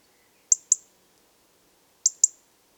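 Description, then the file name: European robin giving sharp, high tick calls in two quick pairs, about a second and a half apart, against a quiet background. "Erithacus rubecula"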